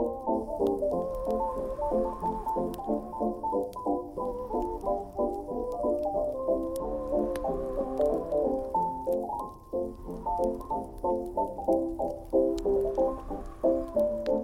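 Oldies play from another room, muffled so that only the lower, dull part of the music comes through, with a steady beat and shifting notes throughout. Sharp, scattered fire crackles pop over it every second or so, with a soft low rumble underneath.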